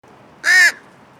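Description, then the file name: Carrion crow giving a single short, harsh caw, with faint background hiss. "Corvus corone"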